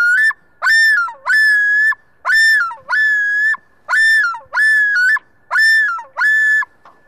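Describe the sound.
Loon calling with many loud, ringing two-part phrases repeated in a steady rhythm, with no other sounds.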